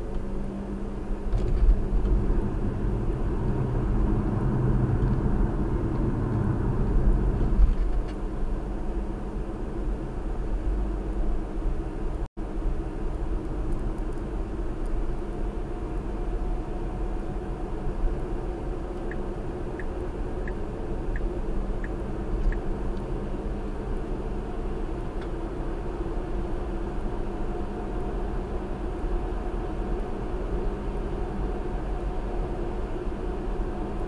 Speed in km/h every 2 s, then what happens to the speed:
55, 58, 58, 58, 58, 60, 60, 63, 64, 66, 66, 68, 69, 69, 71, 71, 71.
0-34 speeds up to 71.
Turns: none.